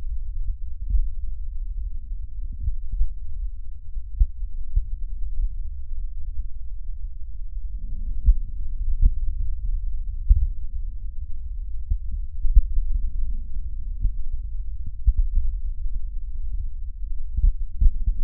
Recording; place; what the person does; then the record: lung sounds by stethoscope; left posterior basal chest; quiet breathing, then deep breathing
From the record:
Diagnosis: interstitial lung disease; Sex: male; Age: 74 years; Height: 160 cm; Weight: 54 kg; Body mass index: 21.1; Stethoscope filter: bell mode